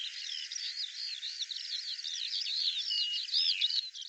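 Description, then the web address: Bird song, a softer, continuous high warble of slurred twitters and trilled notes running on without a break. Dated 2025; audio cleaned and normalized. "cianscape birddata Deverinetal 2025 File cleaned normalized Bird Al Ar"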